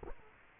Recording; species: mosquito wingbeat signal from an infrared sensor; Culex quinquefasciatus